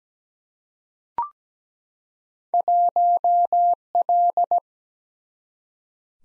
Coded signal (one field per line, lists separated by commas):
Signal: Morse code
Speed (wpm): 17 wpm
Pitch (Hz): 700 Hz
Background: none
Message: 1L